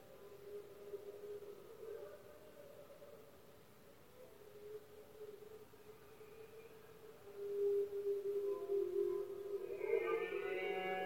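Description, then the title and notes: Red deer bellowing: faint, low moans at first, then a louder, strained roar bursts out at the end. Powerful bellows of male red deer in the rutting season (berrea or brama), recorded at night in Spain; rut best heard at night when surroundings are quietest. "Paisaje sonoro: Berrea. La época de celo del ciervo se conoce comúnmente como “berrea del ciervo” o “brama del ciervo”. los poderosos bramidos de los ciervos machos"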